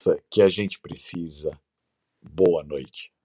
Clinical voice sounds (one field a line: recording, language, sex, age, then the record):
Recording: spoken sentence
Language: Brazilian Portuguese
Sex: female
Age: 40 to 49 years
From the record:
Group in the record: control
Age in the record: 42 years